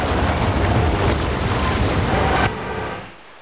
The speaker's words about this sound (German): Donnerndes Getöse von allen Seiten. Die Goldmine stürzt in sich zusammen, die Decke zerbirst. Und in gewaltigen Fluten strömen schäumende Wassermassen in die Höhle.